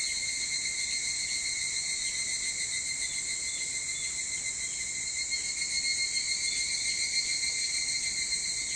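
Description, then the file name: Chorus of evening cicadas, a constant piercing drone with gentle fluctuations in volume and a quick pulsing shimmer. Recorded 22 July 2023 at 04:40. "higurashi 230722 0440"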